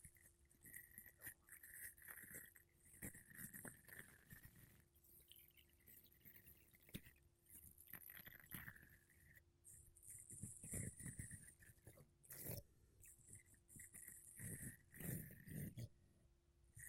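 Makeup brushes and a sponge brush over a microphone in dense, uneven strokes, with soft scratchy swishes, brighter bursts, and a steady faint hum throughout.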